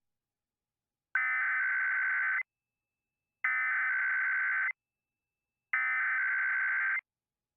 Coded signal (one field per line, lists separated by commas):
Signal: Emergency Alert System (SAME) tones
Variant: header bursts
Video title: A Major Randomly Alerts Monday (EAS #24695-24706) 2/10/25